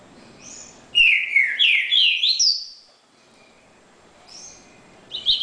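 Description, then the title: Double-collared seedeater giving one long phrase of sweet descending and rising whistles lasting about two seconds, then a short pause and another phrase beginning. "Canto Coleiro"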